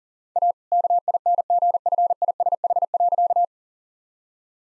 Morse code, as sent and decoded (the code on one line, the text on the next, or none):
.- / -.- .. -. --. ..-. .. ... .... .-.-.-
A KINGFISH.